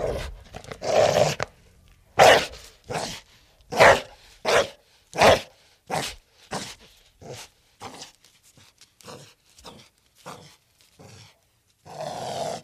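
Pit bull barking, loud rough barks at first that grow quieter and shorter toward the end, ending with one longer bark.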